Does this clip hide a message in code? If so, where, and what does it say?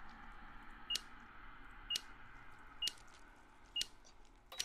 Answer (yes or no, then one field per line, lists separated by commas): no